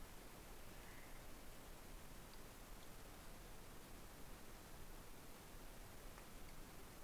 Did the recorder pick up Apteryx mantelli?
no